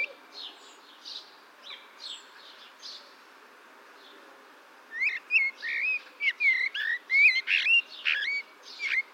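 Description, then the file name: Common blackbird singing a run of rich whistled, warbling notes in the second half, after faint, scattered notes at the start. "Turdus merula"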